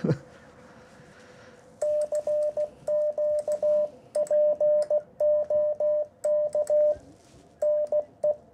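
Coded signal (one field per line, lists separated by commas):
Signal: Morse code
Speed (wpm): 15 wpm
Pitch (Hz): 600 Hz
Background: radio noise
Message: CQ POK NE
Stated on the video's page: Short CW Parks on the Air activation using an Icom IC-705 with MAT-705+ tuner and Chameleon CHA-TDL antenna elements.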